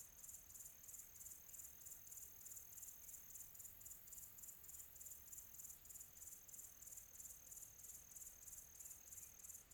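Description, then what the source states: High cricket chirps pulsing evenly, close to three per second, in a quiet setting with low background noise. Quiet tropical atmosphere.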